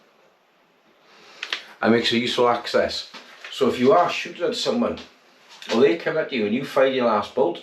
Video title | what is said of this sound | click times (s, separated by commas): Steambow Home defence load outs. | and not just a gimmick either this is a c really custom made blade locks into place | 1.4 s, 1.5 s